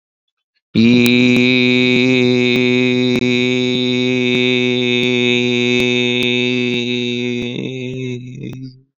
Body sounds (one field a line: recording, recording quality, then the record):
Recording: sustained vowel as in beet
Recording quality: excellent, no background noise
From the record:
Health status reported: COVID-19 positive, mild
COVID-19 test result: positive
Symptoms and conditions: cold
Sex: male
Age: 26 years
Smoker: not ticked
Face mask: not worn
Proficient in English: yes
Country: India